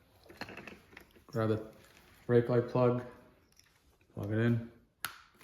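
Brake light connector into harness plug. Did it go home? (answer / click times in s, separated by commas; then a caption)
yes / 5.1 s. Someone talks while pushing the plastic brake light connector of an integrated taillight on a 2021+ Aprilia RS 660 / Tuono 660 into its mating harness plug. A sharp snap is heard at 5.1 s as the connector clicks in and seats.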